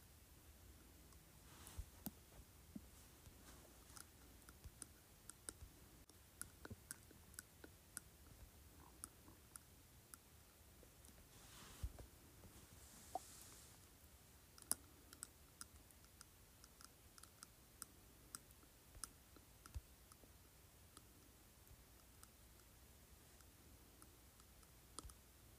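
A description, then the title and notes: A glass object is tapped against teeth in quick, irregular clicks, sharp and bright, coming several times a second throughout. A soft, steady low hum sits underneath, and a brief hiss rises around thirteen seconds. Tapping Glass Object on Teeth.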